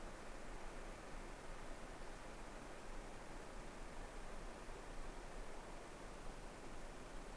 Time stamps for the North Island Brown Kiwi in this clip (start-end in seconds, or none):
none